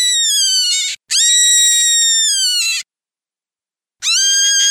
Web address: Rabbit -Cottontail. Distress